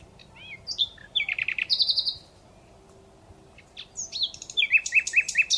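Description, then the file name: Common Nightingale song: varied phrases of rich whistles and slurred notes, ending in a fast run of loud repeated chirps, separated by a brief pause. "Luscinia megarhynchos"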